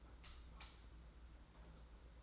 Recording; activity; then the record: daily activity, microphone in the room; light off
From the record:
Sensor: 3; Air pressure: 991.9 hPa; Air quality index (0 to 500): 223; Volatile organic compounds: 1000 ppm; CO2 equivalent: 7640 ppm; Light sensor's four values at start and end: 24/65/27/23 and 16/39/15/14